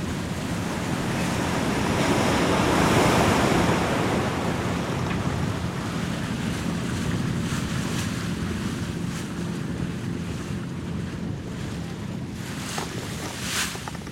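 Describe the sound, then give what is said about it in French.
Broad, rushing wash of Atlantic Ocean waves and swell, swelling to a louder surge early on and then rolling steadily, with wind buffeting the microphone and a few sharper splashes near the end. “Et puis le bateau, il est soumis au mouvement de la houle, des vagues.”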